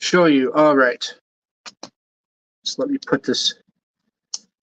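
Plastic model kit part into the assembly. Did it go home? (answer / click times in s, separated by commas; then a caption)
yes / 4.3 s. A plastic model kit part is pushed onto the assembly while someone talks, with a few soft ticks between phrases. At 4.3 s a short, sharp click is heard as the part pops into place and is seated.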